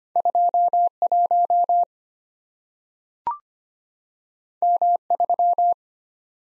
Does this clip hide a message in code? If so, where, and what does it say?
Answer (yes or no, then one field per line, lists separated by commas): yes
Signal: Morse code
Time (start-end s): 0.2-5.7 s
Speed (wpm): 25 wpm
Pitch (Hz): 700 Hz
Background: none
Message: 21 M3